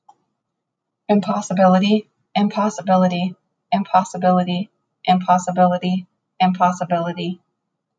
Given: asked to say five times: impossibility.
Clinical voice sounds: repeated word; female; 30 to 39 years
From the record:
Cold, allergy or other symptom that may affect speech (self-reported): no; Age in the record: 39 years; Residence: Minnesota, United States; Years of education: 12

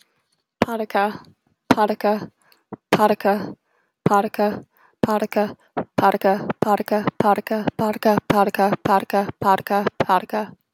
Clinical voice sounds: repeated syllables /pa ta ka/; female; 20 to 29 years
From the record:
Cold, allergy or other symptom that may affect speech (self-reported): no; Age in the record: 27 years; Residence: Connecticut, United States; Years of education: 17

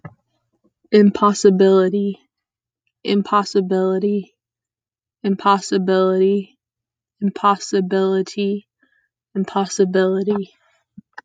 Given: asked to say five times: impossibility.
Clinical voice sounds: repeated word; female; 20 to 29 years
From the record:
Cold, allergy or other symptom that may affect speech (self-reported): no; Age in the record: 23 years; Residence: California, United States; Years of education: 14

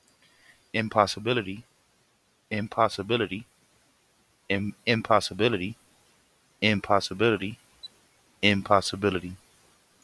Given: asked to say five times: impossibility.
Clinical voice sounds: repeated word; male; 30 to 39 years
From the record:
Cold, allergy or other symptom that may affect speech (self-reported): no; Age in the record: 32 years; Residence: Florida, United States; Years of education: 16

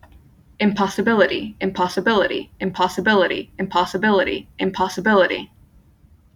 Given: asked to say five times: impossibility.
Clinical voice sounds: repeated word; female; 20 to 29 years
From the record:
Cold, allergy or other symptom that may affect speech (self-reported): no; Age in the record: 20 years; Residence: Florida, United States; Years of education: 15

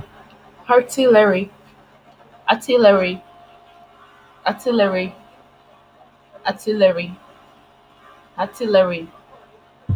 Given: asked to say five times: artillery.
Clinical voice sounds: repeated word; female; 20 to 29 years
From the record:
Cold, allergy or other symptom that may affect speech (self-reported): no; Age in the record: 25 years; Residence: Italy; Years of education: 16

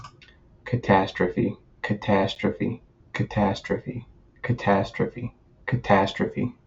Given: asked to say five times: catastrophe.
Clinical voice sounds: repeated word; male; 20 to 29 years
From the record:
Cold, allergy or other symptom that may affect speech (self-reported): no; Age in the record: 24 years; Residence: Missouri, United States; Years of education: 16

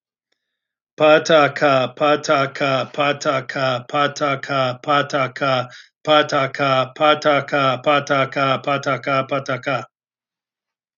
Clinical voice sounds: repeated syllables /pa ta ka/; male; 40 to 49 years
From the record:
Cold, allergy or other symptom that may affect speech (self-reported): no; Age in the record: 48 years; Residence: Minnesota, United States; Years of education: 18

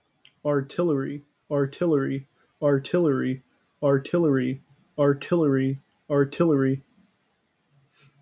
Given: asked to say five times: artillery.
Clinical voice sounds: repeated word; male; 18 to 19 years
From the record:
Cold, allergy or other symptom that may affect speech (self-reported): no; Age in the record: 18 years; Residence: Massachusetts, United States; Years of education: 14

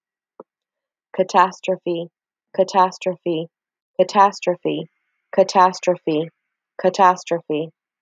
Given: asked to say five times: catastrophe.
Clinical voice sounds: repeated word; female; 50 to 59 years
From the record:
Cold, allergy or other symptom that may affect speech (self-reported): no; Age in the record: 57 years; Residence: Florida, United States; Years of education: 18

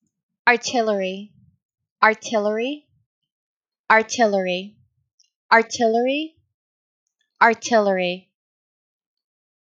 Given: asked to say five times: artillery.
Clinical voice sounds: repeated word; female; 20 to 29 years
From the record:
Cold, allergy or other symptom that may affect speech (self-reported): no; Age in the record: 25 years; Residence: California, United States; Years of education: 16

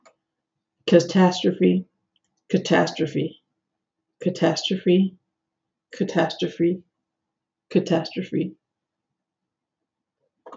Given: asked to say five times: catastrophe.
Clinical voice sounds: repeated word; female; 40 to 49 years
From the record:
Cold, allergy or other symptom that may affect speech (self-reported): no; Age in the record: 41 years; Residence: Florida, United States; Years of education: 16

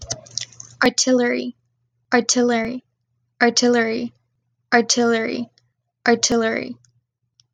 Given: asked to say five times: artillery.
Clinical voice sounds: repeated word; female; 20 to 29 years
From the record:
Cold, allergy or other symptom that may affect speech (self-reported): no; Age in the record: 20 years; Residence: Texas, United States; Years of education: 14

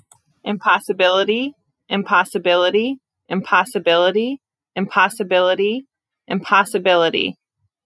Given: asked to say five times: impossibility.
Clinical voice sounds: repeated word; female; 30 to 39 years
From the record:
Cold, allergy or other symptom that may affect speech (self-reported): no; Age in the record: 30 years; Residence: Michigan, United States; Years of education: 16

